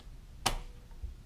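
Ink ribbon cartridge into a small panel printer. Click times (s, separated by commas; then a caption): 0.5 s. A plastic ink ribbon cartridge is dropped into the ribbon cavity of a small panel printer and pressed down. A single sharp click at 0.5 s marks it snapping into place on both sides, followed by quiet low background noise. The cartridge is seated.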